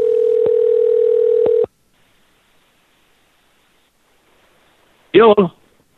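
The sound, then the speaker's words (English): A steady, low-pitched telephone dial tone of an outgoing call hums for under two seconds with a couple of faint clicks, then the line falls silent before a voice briefly speaks. It is the first call of the night, placed to Cookie the psychic dog. “But anyway, let's call the psychic dog. First call of the night, Pranfunkles.”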